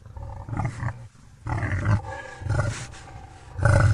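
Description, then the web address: Wild boar grunting, deep rough growling bursts with short pauses between them. "Dzik"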